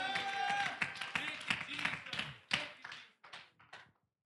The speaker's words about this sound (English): Oh, would you clap your hands to the Lord and shout hallelujah in this place?